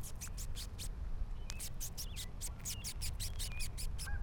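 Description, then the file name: Patent leather beetle squeaking: quick, evenly spaced raspy pulses against a low rumble. Recorded 15 May 2012. "Patent Leather Beetle FSP MD"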